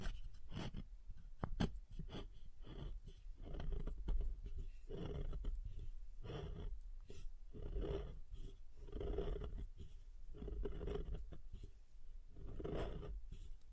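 Soap being tapped and carved, with a steady run of scraping strokes roughly every second, each a rough, grainy swell. Sharp little taps cut in now and then, around the second and fourth seconds, over a constant low rumble throughout.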